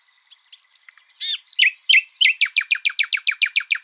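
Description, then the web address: Common nightingale song opening with soft whistles and swooping slurred notes, then building into a long, steady series of loud, sharp repeated notes. "luscinia megarhynchos call"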